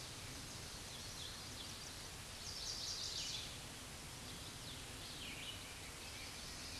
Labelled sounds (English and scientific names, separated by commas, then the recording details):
Chestnut-sided Warbler (Setophaga pensylvanica) song
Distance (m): 35 m
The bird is about 5 m above the microphone
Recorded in a Pennsylvania forest on 16 May 2024 at 08:19
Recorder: AudioMoth, point MSD-2287
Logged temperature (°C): 11.2 °C
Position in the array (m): 109 m, 6 m